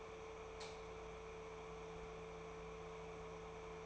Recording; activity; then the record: daily activity, microphone in the room; light on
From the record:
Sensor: 1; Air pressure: 1014.8 hPa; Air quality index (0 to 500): 188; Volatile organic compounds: 19 ppm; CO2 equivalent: 2659 ppm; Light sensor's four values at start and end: 24/59/25/30 and 19/54/21/24